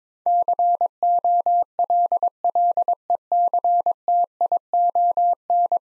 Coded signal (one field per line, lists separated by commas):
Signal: Morse code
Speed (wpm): 22 wpm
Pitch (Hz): 700 Hz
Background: none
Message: COLLECTION